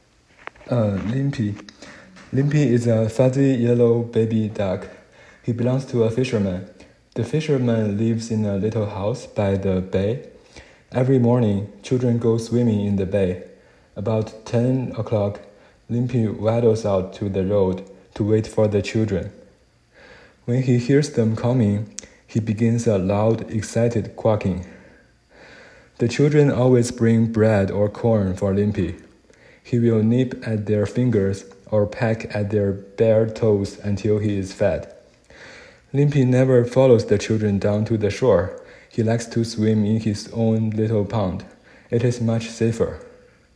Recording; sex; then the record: reading aloud after running; male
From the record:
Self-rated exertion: moderate exertion (3 of 6); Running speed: 6 miles an hour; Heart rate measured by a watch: 151 beats a minute at the start, 152 at the end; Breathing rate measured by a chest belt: 18 breaths a minute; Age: 31 years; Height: 178 cm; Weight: 72 kg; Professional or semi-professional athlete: no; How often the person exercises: 3 to 5 times a week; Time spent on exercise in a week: 2 to 3 hours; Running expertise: yes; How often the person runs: 3 to 5 times a week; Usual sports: running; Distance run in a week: 5 km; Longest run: 10 km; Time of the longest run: 65 minutes